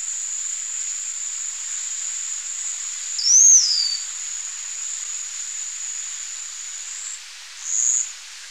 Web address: Natures Songs S America Birds of Ecuador Slaty-backed Chat-Tyrant